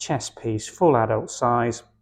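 Someone talks while handling the rotating selector on the metal, full adult size dual-head chest piece of a cardiology stethoscope, which turns to lock into either the bell or diaphragm position. Only speech is heard, with no distinct click. Nothing has seated or clicked into place yet.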